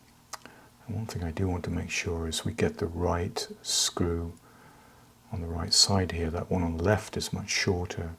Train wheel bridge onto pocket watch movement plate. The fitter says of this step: that usually clicks into place nicely